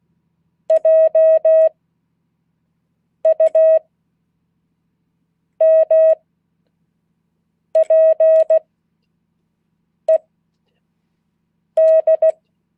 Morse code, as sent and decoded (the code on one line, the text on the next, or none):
.--- ..- -- .--. . -..
JUMPED